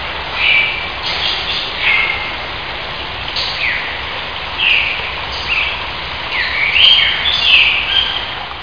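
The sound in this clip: Bird calls, short chirps and brief whistled notes scattered throughout at irregular intervals over a steady background hiss.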